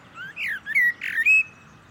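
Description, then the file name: Common blackbird producing a few hoarse, squawky notes mixed with clearer whistled slides, each lasting a fraction of a second, over a quiet background. "Turdus merula"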